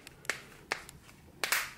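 A Focal Bathys headphone ear pad's clip ring is pressed into the earcup with medium force around the ring. The remaining plastic clips snap in with loud, sharp clicks at 0.3, 0.7 and 1.4 seconds, with fainter ticks in between. The ear pad is confirmed seated.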